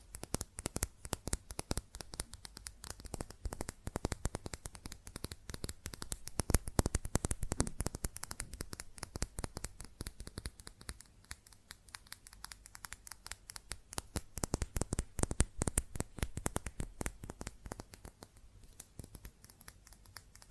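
Fast tapping on glass and ceramic objects, a dense, continuous stream of sharp, bright clicks with no pauses for the full length. The rhythm is rapid and uneven, with louder bursts around seven and fifteen seconds and a faint steady ring underneath.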